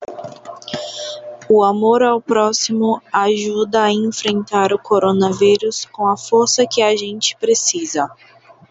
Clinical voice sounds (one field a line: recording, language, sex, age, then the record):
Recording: spoken sentence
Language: Brazilian Portuguese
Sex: female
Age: 30 to 39 years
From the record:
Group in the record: control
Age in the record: 30 years